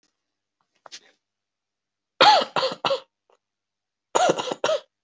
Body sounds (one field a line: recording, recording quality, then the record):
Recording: shallow voluntary cough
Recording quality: excellent, no background noise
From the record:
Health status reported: healthy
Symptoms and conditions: none ticked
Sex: male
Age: 24 years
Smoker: not ticked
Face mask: not worn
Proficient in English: yes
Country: India